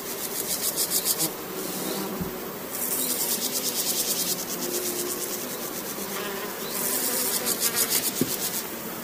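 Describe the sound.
Grasshopper or brush cricket rasping in repeated pulsed bursts of high buzzy chirps, separated by pauses.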